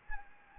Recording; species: mosquito wingbeat signal from an infrared sensor; Anopheles gambiae